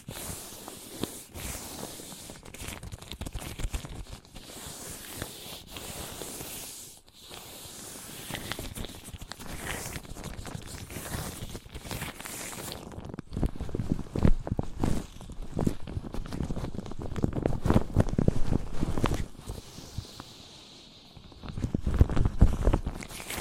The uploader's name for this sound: Wood vs Cork, Sponge vs Foam, Glass vs Plastic